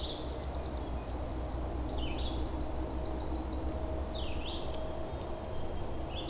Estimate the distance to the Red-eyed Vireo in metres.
about 50 m